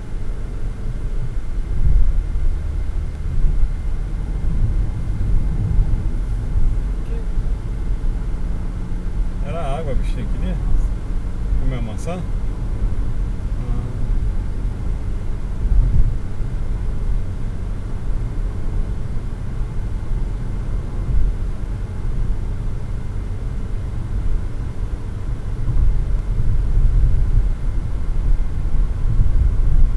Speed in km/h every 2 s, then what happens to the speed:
68, 73, 79, 83, 87, 89, 91, 91, 92, 92, 93, 94, 96, 98, 102.
0-8 speeds up to 87. 8-21 steady at about 91. 21-30 speeds up to 102.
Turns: none.